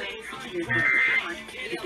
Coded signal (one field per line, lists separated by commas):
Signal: Emergency Alert System (SAME) tones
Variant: end-of-message bursts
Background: speech